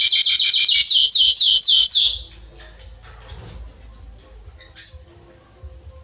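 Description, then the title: Belgian canary song, two seconds of rapid high trilling that breaks off, followed by scattered soft chirps and a low background rumble. Male Belgian canary singing a lot; recording meant to warm up young canaries within 30 minutes. "Esquente Seu Filhote E Canario Belga Em 30 Minutos Macho Cantando Muito. Esquente seu canrio belga em 30 minutos - Canrio Pastinha cantando"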